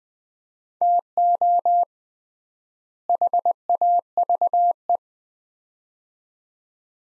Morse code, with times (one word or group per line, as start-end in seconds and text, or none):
0.8-1.8 TO
3.1-5.0 HAVE